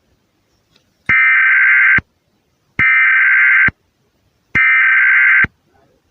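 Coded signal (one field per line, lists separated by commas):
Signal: Emergency Alert System (SAME) tones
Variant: header bursts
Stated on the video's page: Fictional scenario recreation of alerts, not a real broadcast.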